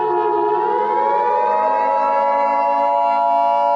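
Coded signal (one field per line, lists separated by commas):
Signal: Emergency Alert System (SAME) tones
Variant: 853 and 960 Hz attention tone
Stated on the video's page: Fictional EAS scenario.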